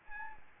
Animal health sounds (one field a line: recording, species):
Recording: mosquito wingbeat signal from an infrared sensor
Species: Aedes albopictus